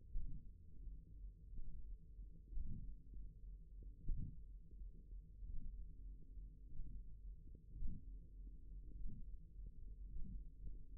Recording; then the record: forearm muscle sounds (acoustic myography)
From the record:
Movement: thumb flexion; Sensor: system 1, eight BSWA MPA416 microphones around the upper forearm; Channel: 4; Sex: male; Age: 23 years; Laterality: right